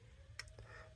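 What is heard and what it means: A plastic replacement end cap is pressed onto the handle of a BowFlex SelectTech adjustable dumbbell, working its small tabs into place. A sharp click at 0.4 s marks a tab snapping in, followed by two fainter ticks near 0.5 s and 0.6 s over a low steady hum. The tab is seated.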